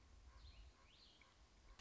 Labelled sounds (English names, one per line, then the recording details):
Common Raven
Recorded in Sonoma County, California